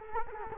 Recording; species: mosquito wingbeat signal from an infrared sensor; Culex quinquefasciatus